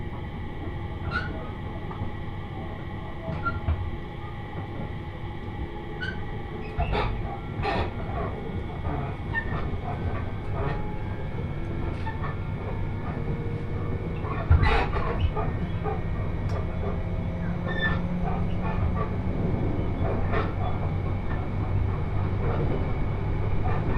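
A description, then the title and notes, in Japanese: Inside a moving train, a steady low rumble fills the whole stretch, with faint tones hovering above it. Clicks and short metallic clatters from the wheels and car come every second or so, and a sharper knock stands out near the fifteen-second mark. 仙台から出る列車なのでラッシュのような混雑はないものの、席が全て埋まり立ち客も見られます。鉄道旅 常磐線 仙台→浜吉田。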